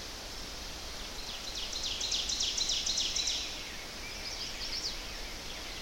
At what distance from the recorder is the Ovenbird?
about 55 m